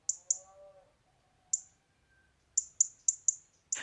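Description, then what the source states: European robin call, sharp high tic notes repeated in short irregular bursts, with a faint lower whistle between them. Social call typical of the species, a repeated chip-chip or tic-tic used to keep position and communicate with the group.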